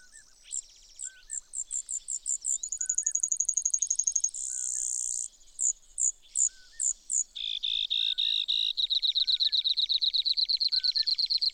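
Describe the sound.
Brewer's sparrow singing high, separated notes that speed into a fast trill, then a dry buzz, then slower notes and long trilled phrases; faint lower slurred notes recur.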